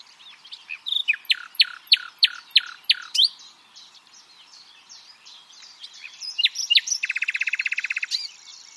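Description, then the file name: Common nightingale song opening with a row of loud downslurred notes about three per second, a quieter varied passage, then a fast dry rattling trill; thin high background whine. "Luscinia megarhynchos"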